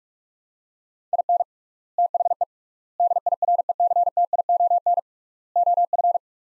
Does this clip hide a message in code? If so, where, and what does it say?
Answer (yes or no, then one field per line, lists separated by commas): yes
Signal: Morse code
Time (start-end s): 1.1-6.2 s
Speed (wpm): 43 wpm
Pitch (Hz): 700 Hz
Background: none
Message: IN THE DIRECTION OF